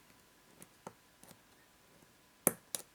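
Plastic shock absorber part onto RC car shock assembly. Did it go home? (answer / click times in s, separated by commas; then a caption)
yes / 2.5 s. While assembling a shock absorber for a Team Associated DR10 drag RC car kit, a small plastic shock part is pushed home. A few faint ticks come first, then a sharp, loud click at 2.5 s as the part snaps into place and seats, followed by a second, softer snap at 2.8 s.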